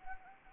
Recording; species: mosquito wingbeat signal from an infrared sensor; Anopheles arabiensis